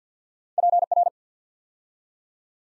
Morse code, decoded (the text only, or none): PR